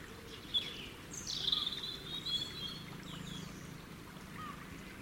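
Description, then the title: Bird song: a thin, high, descending whistled sweep with a few soft accompanying notes over a steady rushing background hiss. Tropical forest. "Exotic Birdsong - Birds sounds in Tropical Forest"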